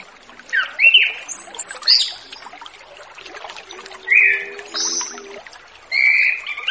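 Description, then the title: Orange-headed thrush song, sweet whistled phrases with upward and downward slurs, some high thin notes, delivered in bursts with short gaps. Relaxed 'ngeplong' singing style used as a lure for a spotted young orange-headed thrush (anis kembang trotol) that has escaped. "Anis Kembang Ngeplong Santai , Untuk Pancingan Anis Kembang Lepas Trotol"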